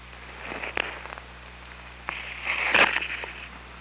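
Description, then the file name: Orca pulsed calls, two buzzy bursts, a short one early and a longer, louder one near the end with a squeaky tonal peak, over low hum. Recorded by OrcaLab on 24 August 2017 at about 21:26. "Orca Lab UTLN JASON 20170824 212637"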